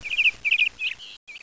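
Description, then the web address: Bird chirping in quick bursts of high, warbled notes, two rapid clusters then a slurred note and short whistled tones either side of a brief gap. "特酷声音素材库 动物 鸟 Bird"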